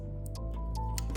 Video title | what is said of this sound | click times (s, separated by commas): 1st Gen Tundra & Sequoia - Bincmay LED Headlight Install | and you'll hear a little snap when this tab engages. So that's on there. | 1.0 s